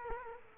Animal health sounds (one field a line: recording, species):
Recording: mosquito wingbeat signal from an infrared sensor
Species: Culex quinquefasciatus